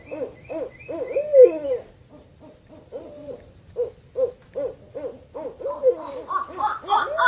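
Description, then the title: Owl hooting: a series of short even notes with a couple of drawn-out wavering hoots; higher sounds join near the end. "Manuk Huwek. Burung hantu"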